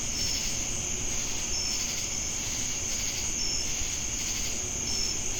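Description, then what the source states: Crickets in a dense insect chorus: a steady high shrill trill over pulsing buzzy bands, with short high tones recurring about every one and a half seconds and low rumble beneath. Crickets with cicadas in Jamestown, North Carolina, on 10 August 2018.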